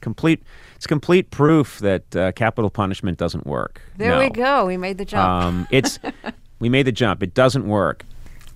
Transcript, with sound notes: it's complete proof that capital punishment doesn't work. No.
There we go. We made the jump (laughter).
We made the jump. It doesn't work.